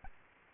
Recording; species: mosquito wingbeat signal from an infrared sensor; Aedes albopictus